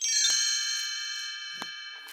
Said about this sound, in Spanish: Ustedes pueden leer en su libro junto conmigo, y sabrán que hay que dar vuelta a la página cuando escuchen a Campanita, el hada de Peter Pan, tocar sus campanitas así.